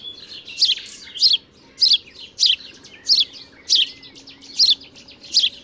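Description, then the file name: House sparrow chirps repeated about every 0.6 seconds in a series, with fainter notes between them. "Passer domesticus"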